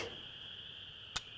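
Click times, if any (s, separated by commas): 1.2 s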